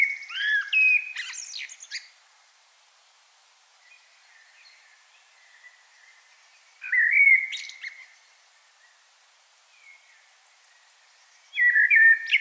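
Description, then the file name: Common blackbird song: three mellow fluted phrases, the first ending in a high squeaky twitter, separated by long quiet gaps, with faint soft notes between. "Turdus merula"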